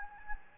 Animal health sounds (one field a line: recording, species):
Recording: mosquito wingbeat signal from an infrared sensor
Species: Anopheles gambiae